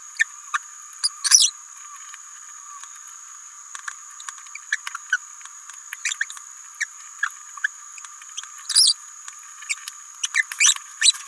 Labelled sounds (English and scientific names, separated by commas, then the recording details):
Green-rumped Parrotlet (Forpus passerinus) babbling
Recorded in a nest box in Venezuela
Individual 18B17A3